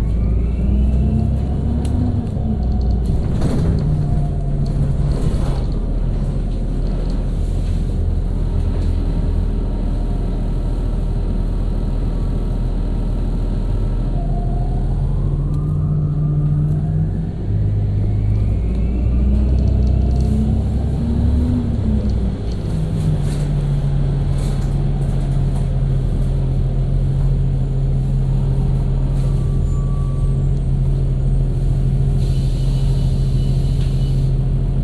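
A bus engine rumbles low and steady, its pitch rising and falling with gear changes, joined by intermittent rattles and knocks throughout.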